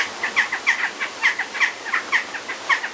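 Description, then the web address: Bird calls: a rapid series of short, harsh notes, several each second, with a steady hiss behind them. "outdoor-samples Birds GO Birds Various"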